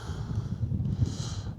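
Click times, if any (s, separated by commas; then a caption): none. An ND16 lens filter is lined up on a drone's gimbal camera, with low, rumbling handling noise and a steady hiss that brightens briefly around 1.0 to 1.5 seconds. There are no sharp transients, and the filter has not clicked into place yet.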